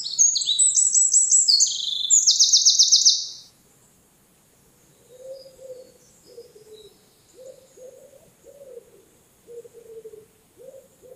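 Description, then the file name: Eurasian wren giving a bright, high-pitched burst of fast trills for about three and a half seconds, then quiet, followed by a series of faint low notes. "Troglodytes troglodytes"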